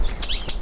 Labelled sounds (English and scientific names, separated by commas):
Stitchbird (Notiomystis cincta) song